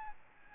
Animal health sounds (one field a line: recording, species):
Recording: mosquito wingbeat signal from an infrared sensor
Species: Aedes albopictus